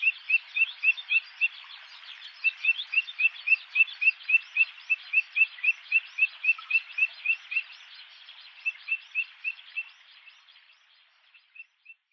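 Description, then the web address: Grey-tailed tattler calls: a fast, steady run of short, high rising whistled notes, about four a second, with a few brief pauses, then fading away near the end. Tatsuno, 15 May 2014. "koe kiashi 140515 tatsuno kuroda"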